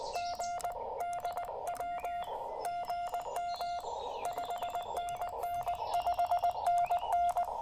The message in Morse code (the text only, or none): G DW GM 5NN 5NN